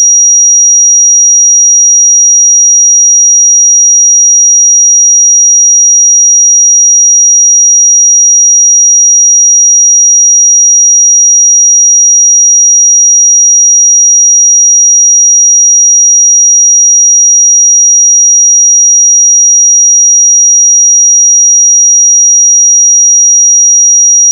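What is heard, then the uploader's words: A pure sine tone at 5740 Hz holds perfectly steady for the whole clip, a single thin, bright whistle with no wavering. Its loudness stays constant throughout, nothing else sounds beneath it, and it cuts off abruptly at the very end. 5740 Hz 1 Hz Interval Sine Pure Tone Frequency 441000 Sample Mono.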